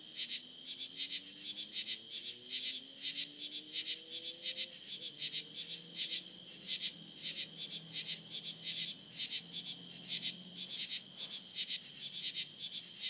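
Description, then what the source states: Insect chorus: a strong, even pulsing buzz repeated about one and a half times per second, over faint low sliding hums in the background. Recorded in July.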